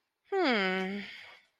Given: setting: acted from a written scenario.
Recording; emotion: vocal sound without words; contentment